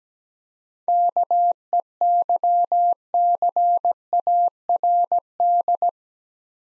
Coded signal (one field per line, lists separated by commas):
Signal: Morse code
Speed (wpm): 17 wpm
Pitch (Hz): 700 Hz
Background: none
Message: KEYCARD